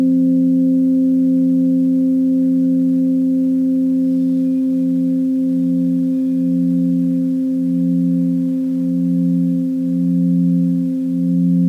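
A Tibetan singing bowl rings with a steady, sustained low hum and clear upper overtones that hold throughout. The lowest tone pulses in a slow, regular wobble that grows more pronounced after about five seconds. Nothing else is heard.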